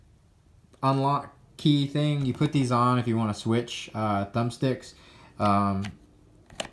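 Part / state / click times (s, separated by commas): interchangeable thumbstick on a game controller, released with an unlock key / released / 6.5 s, 6.6 s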